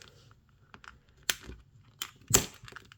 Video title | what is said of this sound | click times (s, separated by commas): I Bought Fake LEGO On Temu So You Don't Have To. | And you can just hear it popping into place. | 1.3 s, 2.4 s